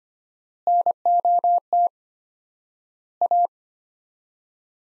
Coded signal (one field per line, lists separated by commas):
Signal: Morse code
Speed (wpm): 25 wpm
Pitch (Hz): 700 Hz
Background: none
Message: NOT A